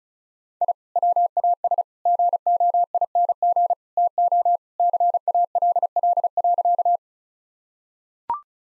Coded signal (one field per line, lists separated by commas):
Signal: Morse code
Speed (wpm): 34 wpm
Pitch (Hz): 700 Hz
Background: none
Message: I WAS GOING TO CALL.